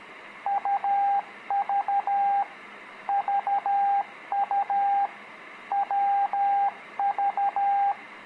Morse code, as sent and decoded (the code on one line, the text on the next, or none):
..- ...- / ...- ..- / .-- ...-
UV VU WV